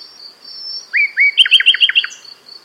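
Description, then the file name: Common nightingale song: two loud whistled notes followed by a fast stuttering trill of several pulses, over a steady high hum. "Luscinia megarhynchos"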